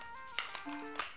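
An adjustable plastic guard comb, set from 1 to 16 mm, is handled against the cutting head of a waterproof Hatteker beard and hair trimmer while background music plays. Three short plastic taps are heard at about 0.4, 0.6 and 1.0 seconds. The comb is still being fitted and has not seated or clicked on yet.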